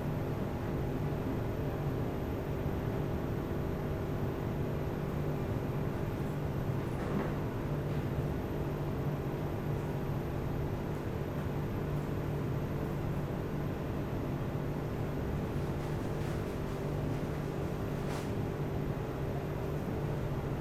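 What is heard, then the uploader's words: Inside a laundromat, machines run with a steady, dense low hum and a few sustained droning tones that hold throughout. A brief clatter stands out around seven seconds, and a sharp faint tick comes near eighteen seconds over the constant mechanical rumble. Laundromat Osaka.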